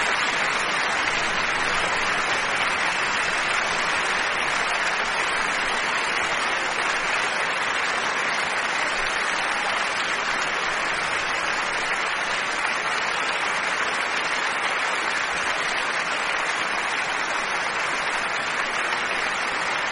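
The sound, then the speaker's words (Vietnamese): An audience in an auditorium breaks into sustained applause after a speech, a dense, steady wash of many hands clapping that holds at an even, fairly loud level for the whole stretch, with no voices. “Một tràng pháo tay bùng lên.”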